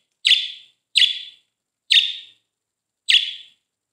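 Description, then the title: Budgerigar calls, four harsh, buzzy chirps, each fading quickly, spaced about a second apart with silence between. "Budgie Sounds"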